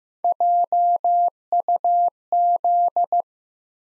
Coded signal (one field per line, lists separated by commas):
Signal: Morse code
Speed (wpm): 15 wpm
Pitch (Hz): 700 Hz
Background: none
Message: JUZ